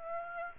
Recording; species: mosquito wingbeat signal from an infrared sensor; Aedes aegypti